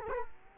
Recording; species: mosquito wingbeat signal from an infrared sensor; Culex quinquefasciatus